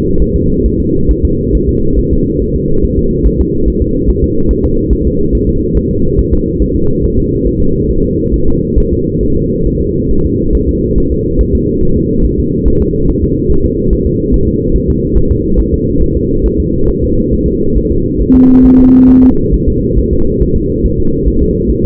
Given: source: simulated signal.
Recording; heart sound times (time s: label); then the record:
fetal heart sounds
0.22 s: S1
0.36 s: S2
0.66 s: S1
0.80 s: S2
1.11 s: S1
1.25 s: S2
1.55 s: S1
1.69 s: S2
1.99 s: S1
2.13 s: S2
2.42 s: S1
2.56 s: S2
2.84 s: S1
2.99 s: S2
3.27 s: S1
3.41 s: S2
3.68 s: S1
3.82 s: S2
4.10 s: S1
4.24 s: S2
4.51 s: S1
4.65 s: S2
4.93 s: S1
5.07 s: S2
5.35 s: S1
5.49 s: S2
5.77 s: S1
5.91 s: S2
6.19 s: S1
6.33 s: S2
6.62 s: S1
6.76 s: S2
7.05 s: S1
7.19 s: S2
7.47 s: S1
7.62 s: S2
7.91 s: S1
8.05 s: S2
8.34 s: S1
8.48 s: S2
8.78 s: S1
8.92 s: S2
9.23 s: S1
9.37 s: S2
9.67 s: S1
9.81 s: S2
10.11 s: S1
10.26 s: S2
10.55 s: S1
10.69 s: S2
10.98 s: S1
11.12 s: S2
11.41 s: S1
11.55 s: S2
11.83 s: S1
11.97 s: S2
12.25 s: S1
12.40 s: S2
12.68 s: S1
12.82 s: S2
13.10 s: S1
13.24 s: S2
13.52 s: S1
13.66 s: S2
13.93 s: S1
14.07 s: S2
14.34 s: S1
14.48 s: S2
14.76 s: S1
14.90 s: S2
15.17 s: S1
15.31 s: S2
15.60 s: S1
15.74 s: S2
16.03 s: S1
16.17 s: S2
16.46 s: S1
16.60 s: S2
16.90 s: S1
17.04 s: S2
17.34 s: S1
17.48 s: S2
17.78 s: S1
17.92 s: S2
18.22 s: S1
18.36 s: S2
18.66 s: S1
18.80 s: S2
19.10 s: S1
19.24 s: S2
19.54 s: S1
19.69 s: S2
19.99 s: S1
20.13 s: S2
20.42 s: S1
20.56 s: S2
20.86 s: S1
21.00 s: S2
21.28 s: S1
21.42 s: S2
21.70 s: S1
21.84 s: S2
From the record:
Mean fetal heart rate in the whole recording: 140 bpm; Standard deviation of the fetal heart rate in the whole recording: 2 bpm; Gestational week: 34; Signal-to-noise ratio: -16.4 dB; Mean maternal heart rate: 72 bpm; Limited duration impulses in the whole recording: present